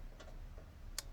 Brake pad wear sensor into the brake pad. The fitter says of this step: and then it uh it literally just clicks right in back there so it clicks in like that